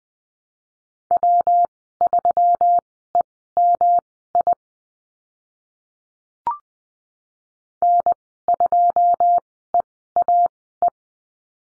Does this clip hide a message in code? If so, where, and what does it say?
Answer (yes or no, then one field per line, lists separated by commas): yes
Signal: Morse code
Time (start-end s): 1.1-10.9 s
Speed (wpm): 20 wpm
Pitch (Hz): 700 Hz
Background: none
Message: W3EMI N2EAE